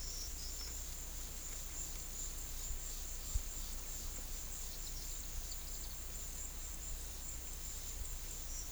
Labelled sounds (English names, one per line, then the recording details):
none
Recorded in pastures near Puerto Asís, Putumayo, Colombia, on 21 December 2024 at 13:00
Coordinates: 0.487, -76.322
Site GP09